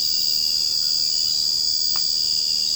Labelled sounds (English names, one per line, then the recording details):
none
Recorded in secondary vegetation near Puerto Asís, Putumayo, Colombia, on 21 March 2025 at 01:30
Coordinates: 0.502, -76.326
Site G100